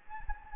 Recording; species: mosquito wingbeat signal from an infrared sensor; Anopheles gambiae